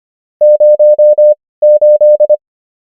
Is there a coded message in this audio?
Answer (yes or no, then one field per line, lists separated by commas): yes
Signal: Morse code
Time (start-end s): 0.4-2.4 s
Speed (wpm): 25 wpm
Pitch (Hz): 600 Hz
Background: none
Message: 08